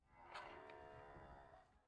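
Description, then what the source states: Cow giving a single drawn-out, harmonic-rich moo lasting about a second and a half. Cow bleating in a barn.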